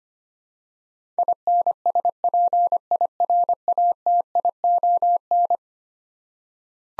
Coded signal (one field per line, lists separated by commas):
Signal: Morse code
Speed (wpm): 25 wpm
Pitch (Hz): 700 Hz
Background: none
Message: INSPIRATION